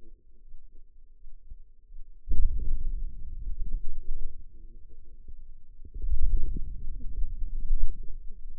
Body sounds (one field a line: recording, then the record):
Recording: forearm muscle sounds (acoustic myography)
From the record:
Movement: wrist extension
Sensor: system 2, bracelet of six BSWA MPA416 microphones around the upper forearm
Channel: 6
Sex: female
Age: 21 years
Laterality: right